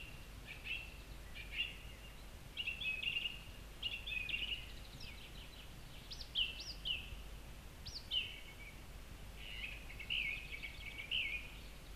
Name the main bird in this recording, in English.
Song Thrush